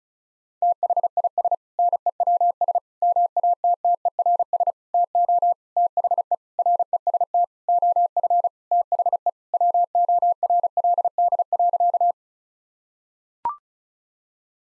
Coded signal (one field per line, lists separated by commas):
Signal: Morse code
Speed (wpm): 36 wpm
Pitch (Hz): 700 Hz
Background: none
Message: THIS NEWS MATTERS TO THE REST OF THE WORLD.